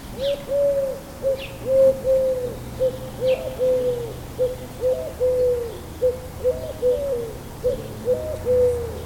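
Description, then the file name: Eurasian collared dove cooing: low, soft three-note phrases, the middle note longest, repeated steadily with faint high chirps of other birds. "Collareddove"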